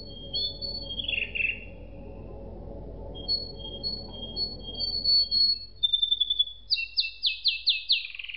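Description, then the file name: Canary song: soft thin whistles and a buzzy note over low background rumble, closing with a burst of rapid, sharply repeated notes. "suara kenari makige"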